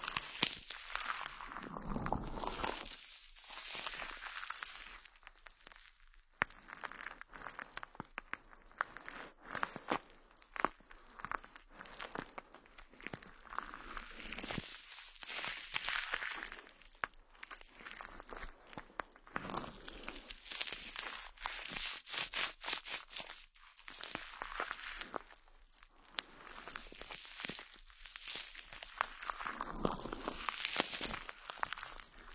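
A head treatment session, heard as dense, crackly scratching and rubbing with rapid, irregular clicks and a bright, hissy edge. The rustling runs almost without pause and holds a fairly even level, with short quieter gaps near 3, 15 and 23 seconds.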